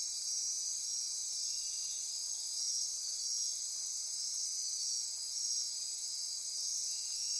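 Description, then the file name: Insect chorus of many callers, shrill layered trills holding steady at high pitch without pause. Insect chorus recorded at midnight near Corcovado. "Wind-is-the-Original-Radio-Fridays 20240628 Andy-Martin Midnight-Insect-Chorus-Near-Corcovado"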